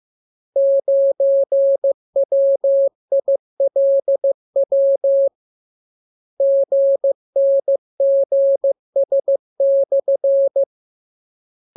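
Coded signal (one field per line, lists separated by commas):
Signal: Morse code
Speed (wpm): 15 wpm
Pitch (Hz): 550 Hz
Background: none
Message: 9WILW GNGS/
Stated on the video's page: Morse lesson 26 on letters, numbers and punctuation, with each radiogram opened by VVV and a section sign and closed by AR.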